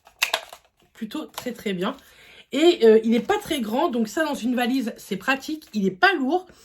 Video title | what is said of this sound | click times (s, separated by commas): 🥳ALIEXPRESS: «Ils fêtent leurs 12 ans 🎂» | bien avec ce site en bout qui est fourni avec et qui se clipse plus | 0.2 s, 0.3 s